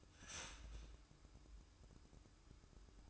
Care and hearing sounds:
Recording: daily activity, microphone in the room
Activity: start toaster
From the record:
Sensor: 2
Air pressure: 1007.0 hPa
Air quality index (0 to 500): 37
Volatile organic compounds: 1 ppm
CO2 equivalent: 532 ppm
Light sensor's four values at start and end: 6/13/5/5 and 6/13/5/5

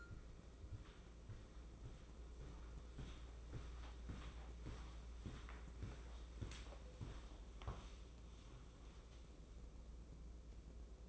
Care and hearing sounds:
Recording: daily activity, microphone in the room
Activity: walk to room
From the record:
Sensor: 1

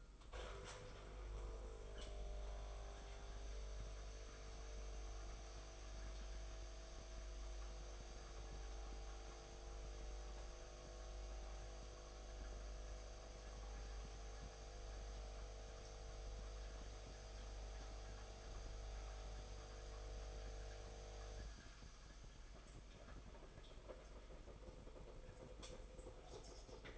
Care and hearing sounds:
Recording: daily activity, microphone in the room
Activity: make coffee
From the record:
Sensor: 5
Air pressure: 990.9 hPa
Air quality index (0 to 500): 145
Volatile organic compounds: 128 ppm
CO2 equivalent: 3919 ppm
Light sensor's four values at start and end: 35/112/42/45 and 35/111/42/45

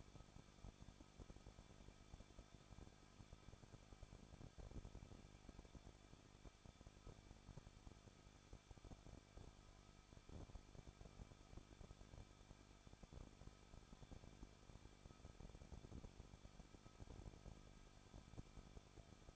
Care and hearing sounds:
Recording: daily activity, microphone in the room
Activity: no activity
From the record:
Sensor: 5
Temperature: 20.9 degrees Celsius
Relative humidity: 38.1%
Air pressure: 1006.5 hPa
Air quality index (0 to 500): 187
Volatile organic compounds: 18 ppm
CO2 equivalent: 2618 ppm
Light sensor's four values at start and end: 2/3/1/1 and 2/3/1/1

